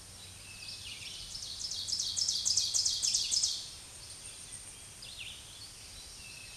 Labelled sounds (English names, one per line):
Ovenbird song